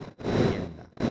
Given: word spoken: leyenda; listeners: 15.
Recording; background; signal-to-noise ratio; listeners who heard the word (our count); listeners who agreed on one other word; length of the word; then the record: one Spanish word in noise, from a listening test; noise modulated by one talker; -10.4 dB; 1 of 15; 6 of 15; 0.71 s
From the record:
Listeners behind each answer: 6, 3, 3, 1, 1, 1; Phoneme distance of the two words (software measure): 24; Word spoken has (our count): 3 syllables, 7 phonemes, stress on syllable 2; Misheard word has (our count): 3 syllables, 7 phonemes, stress on syllable 2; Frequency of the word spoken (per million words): 21.73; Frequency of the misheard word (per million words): 56.46